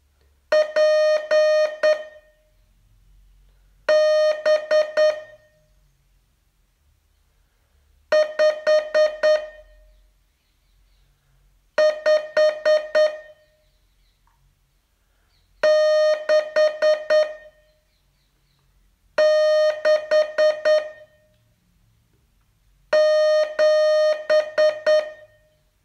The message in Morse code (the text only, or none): PB 5 5 6 6 7